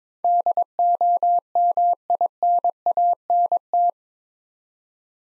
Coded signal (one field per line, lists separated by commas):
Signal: Morse code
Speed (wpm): 22 wpm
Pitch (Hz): 700 Hz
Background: none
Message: DOMINANT